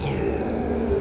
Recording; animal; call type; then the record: contact call of a hoofed animal; pig; closed-mouth grunt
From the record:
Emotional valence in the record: negative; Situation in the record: short social isolation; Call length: 1.01 s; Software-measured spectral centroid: 1440 Hz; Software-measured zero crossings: 1010 a second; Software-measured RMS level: -24 dBFS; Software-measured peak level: -11 dBFS